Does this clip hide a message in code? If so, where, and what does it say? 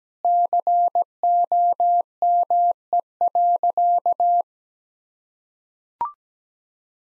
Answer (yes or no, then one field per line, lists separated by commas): yes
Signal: Morse code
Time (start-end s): 0.2-4.4 s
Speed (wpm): 17 wpm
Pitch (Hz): 700 Hz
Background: none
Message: COME.